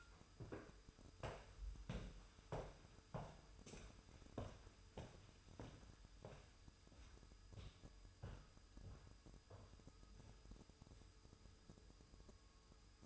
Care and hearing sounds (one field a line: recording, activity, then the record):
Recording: daily activity, microphone in the room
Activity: walk to room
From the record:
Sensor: 2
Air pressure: 988.1 hPa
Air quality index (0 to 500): 181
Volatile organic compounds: 134 ppm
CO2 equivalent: 3947 ppm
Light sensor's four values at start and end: 21/70/27/26 and 21/70/28/26